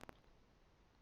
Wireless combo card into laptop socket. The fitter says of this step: so the card goes in little push with the thumb just to it clicks into place